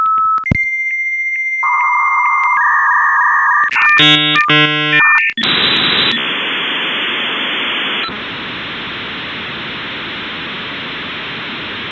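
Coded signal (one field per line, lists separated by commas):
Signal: dial-up modem handshake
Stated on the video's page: Dial-up modem connecting over a conventional telephone line to an Internet service provider.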